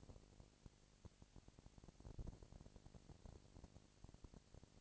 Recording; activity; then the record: daily activity, microphone in the room; no activity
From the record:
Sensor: 5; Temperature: 20.1 degrees Celsius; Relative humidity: 38.2%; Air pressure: 998.9 hPa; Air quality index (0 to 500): 218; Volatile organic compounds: 24 ppm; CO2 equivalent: 2805 ppm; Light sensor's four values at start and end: 2/3/1/1 and 2/3/1/1